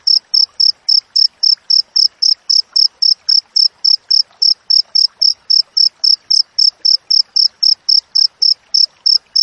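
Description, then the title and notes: Cricket chirps, high and ringing, in a fast regular series of about four a second with no pauses. Clear wild cricket chirping with tightly spaced pauses, used for training songbirds and for repelling rats. "Masteran Jangkrik Alam Jernih, Jeda Rapat Cocok Untuk Masteran Burung Dan Mengusir Tikus. suara jangkrik"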